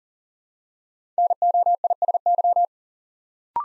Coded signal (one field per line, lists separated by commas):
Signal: Morse code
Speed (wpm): 40 wpm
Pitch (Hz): 700 Hz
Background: none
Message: NOISY